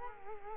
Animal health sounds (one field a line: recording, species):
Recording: mosquito wingbeat signal from an infrared sensor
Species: Culex quinquefasciatus